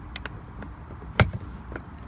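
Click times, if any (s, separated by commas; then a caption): 1.2 s. A plastic trim cover is pushed back onto the interior door handle of a 7th-generation 2003-2007 Honda Accord, with its bigger notch lined up to the bigger hole. A few faint ticks at 0.2, 0.3, 0.6 and 1.8 s surround one sharp, loud snap at 1.2 s. That snap is the click of the cover locking into place, seated.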